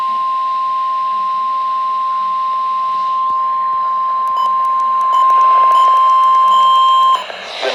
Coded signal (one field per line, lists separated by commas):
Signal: Emergency Alert System (SAME) tones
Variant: 1050 Hz attention tone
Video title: (EAS #17-21) An over exaggerated situation- Eas alerts from 6/13/22